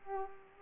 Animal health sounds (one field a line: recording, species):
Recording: mosquito wingbeat signal from an infrared sensor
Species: Culex pipiens